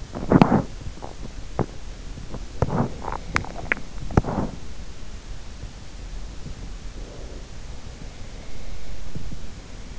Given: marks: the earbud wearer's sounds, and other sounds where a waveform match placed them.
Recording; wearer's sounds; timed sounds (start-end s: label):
sounds in sleep by an in-ear microphone; teeth grinding, breath
0.00-5.23 s: teeth grinding
6.11-9.14 s: breath